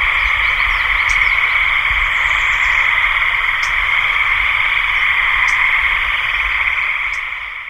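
Frogs calling in a dense, unbroken chorus that merges into a steady droning trill, with faint sharp clicks breaking through now and then.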